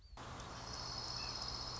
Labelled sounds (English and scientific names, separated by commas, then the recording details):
Dark-eyed Junco (Junco hyemalis)
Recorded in Sonoma County, California